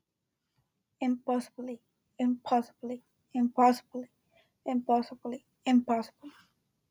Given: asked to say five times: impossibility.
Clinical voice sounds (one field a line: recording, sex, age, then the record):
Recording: repeated word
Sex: female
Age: 20 to 29 years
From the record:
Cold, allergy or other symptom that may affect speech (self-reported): no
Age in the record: 23 years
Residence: Illinois, United States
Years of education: 15